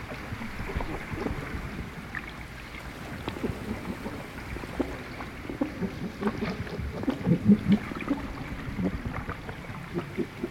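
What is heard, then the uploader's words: Underwater, grey seals move around a small boat's hull: dense low knocks, creaks and bubbling clicks, briefly louder near seven seconds. Underwater with grey seals in the Outer Hebrides. We're on a boat in the Outer Hebrides at anchor near a small island. An underwater microphone captures grey seals swimming around the hull of the small boat while a full moon hangs in the still night. Recorded by musician David de la Haye.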